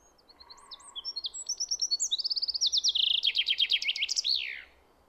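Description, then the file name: Common chaffinch song, a trilled phrase that descends in steps and ends in a swooping downward flourish. "Fringilla coelebs"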